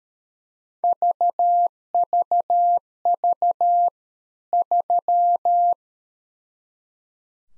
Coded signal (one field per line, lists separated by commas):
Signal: Morse code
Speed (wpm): 13 wpm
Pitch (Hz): 700 Hz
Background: none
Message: VVV 3